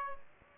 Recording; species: mosquito wingbeat signal from an infrared sensor; Aedes albopictus